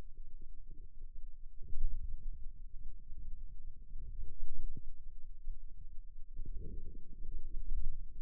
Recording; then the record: forearm muscle sounds (acoustic myography)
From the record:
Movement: hand opening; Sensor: system 2, bracelet of six BSWA MPA416 microphones around the upper forearm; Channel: 1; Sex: female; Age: 22 years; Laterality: right